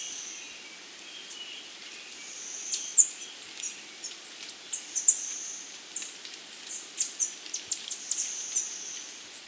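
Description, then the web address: Flame-faced tanager giving sparse, thin, very high notes, becoming more frequent toward the end, over steady background hiss. Recorded in Ecuador. "Birds of Ecuador. Flame-faced Tanager"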